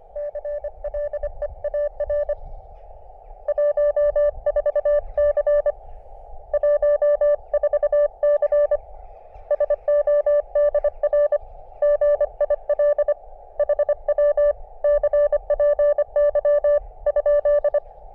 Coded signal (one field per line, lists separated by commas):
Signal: Morse code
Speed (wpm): 25 wpm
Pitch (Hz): 590 Hz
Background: none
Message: CLEAR 14C 14C SODR GIL HW CPY ?